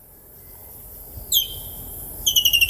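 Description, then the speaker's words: Woodland kingfisher call: one sharp high note, then a fast trill of clear, piercing repeated notes near the end, over a quiet background. Call described as a distinctive sound in southern Africa. "The most well-known is the call of the woodland kingfisher. It is a distinctive sound in southern Africa. Let's listen to its call briefly."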